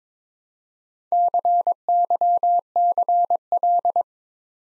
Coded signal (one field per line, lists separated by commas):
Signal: Morse code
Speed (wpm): 23 wpm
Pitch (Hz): 700 Hz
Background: none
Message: CYCL